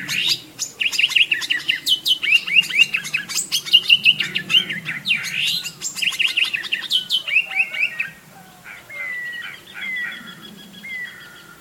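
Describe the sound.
Bird song in dense chirping runs and sweeping notes, busy for about eight seconds, then softer separate whistled notes toward the end over a faint low hum.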